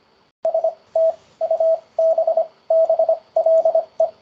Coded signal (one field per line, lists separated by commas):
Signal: Morse code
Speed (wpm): 25 wpm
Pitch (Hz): 650 Hz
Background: radio noise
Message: STUBBLE